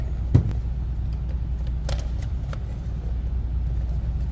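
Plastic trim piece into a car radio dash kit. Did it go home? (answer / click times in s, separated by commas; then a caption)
no / none. A plastic trim piece is handled and pushed onto an aftermarket radio dash kit for a 2008 Nissan Altima. Over a steady low rumble, a few short plastic taps and ticks are heard around 0.4, 0.5, 1.9, 2.0 and 2.5 s. The piece has not yet snapped into place, and nothing has seated or clicked by the end of the clip.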